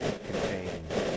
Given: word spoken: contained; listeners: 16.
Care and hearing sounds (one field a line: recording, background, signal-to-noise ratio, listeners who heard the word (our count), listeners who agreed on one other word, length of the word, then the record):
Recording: one English word in noise, from a listening test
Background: noise modulated by three-talker babble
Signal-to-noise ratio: -4.9 dB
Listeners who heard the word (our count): 5 of 16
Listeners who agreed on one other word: 6 of 16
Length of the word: 0.77 s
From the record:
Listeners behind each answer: 6, 5, 2, 1, 1, 1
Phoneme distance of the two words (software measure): 7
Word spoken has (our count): 2 syllables, 7 phonemes, stress on syllable 2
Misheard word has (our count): 2 syllables, 6 phonemes, stress on syllable 2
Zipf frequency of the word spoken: 4.02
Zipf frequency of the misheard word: 4.14